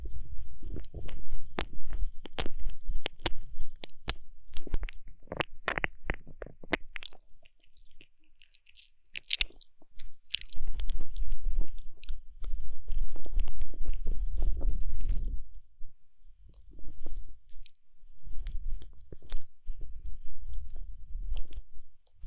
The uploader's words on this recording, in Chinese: 深入舔耳。口腔音。Deep Ear Licking。NO Talking。